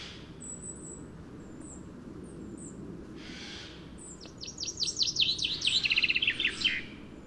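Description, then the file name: Common chaffinch song arrives after several seconds of thin high notes, a fast descending trill of sharp notes finishing in a short flourish over faint steady background noise. "Fringilla coelebs"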